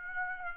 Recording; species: mosquito wingbeat signal from an infrared sensor; Aedes aegypti